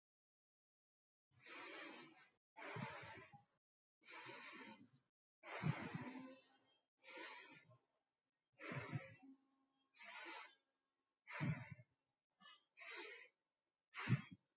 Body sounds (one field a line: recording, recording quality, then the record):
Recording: shallow breathing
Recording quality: excellent, no background noise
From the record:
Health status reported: recovered from COVID-19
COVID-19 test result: positive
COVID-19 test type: RT-PCR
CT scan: taken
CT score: 0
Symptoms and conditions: fatigue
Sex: female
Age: 55 years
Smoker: no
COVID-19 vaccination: both doses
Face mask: not worn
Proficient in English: yes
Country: India